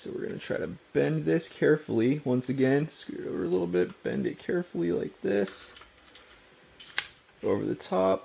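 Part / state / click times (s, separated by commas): plastic cover or clip onto a 3D printer hotend assembly / not seated / none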